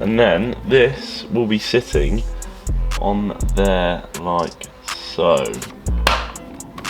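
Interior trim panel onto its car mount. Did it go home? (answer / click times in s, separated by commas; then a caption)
yes / 6.1 s. Someone talks over background music while a wrapped interior trim panel for a Mini JCW is opened up, positioned and pressed onto its car mount. A sharp click at 6.1 s marks the panel seating in place, followed by a few softer taps.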